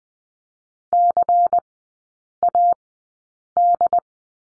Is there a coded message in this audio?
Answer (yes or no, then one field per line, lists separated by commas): yes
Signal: Morse code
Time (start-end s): 0.9-4.0 s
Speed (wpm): 20 wpm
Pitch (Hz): 700 Hz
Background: none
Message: CAD